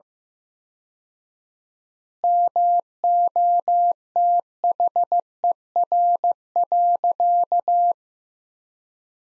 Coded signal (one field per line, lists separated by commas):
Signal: Morse code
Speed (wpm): 15 wpm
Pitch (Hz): 700 Hz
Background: none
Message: MOTHER.